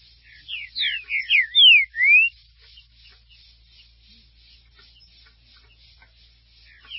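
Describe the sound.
Green-winged saltator song: a rapid phrase of loud, clear slurred whistles, several rising and falling notes, followed by faint background chatter.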